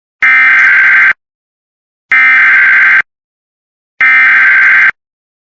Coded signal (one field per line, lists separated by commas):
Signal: Emergency Alert System (SAME) tones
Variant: header bursts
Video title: FFW (EAS 74) (please read the description)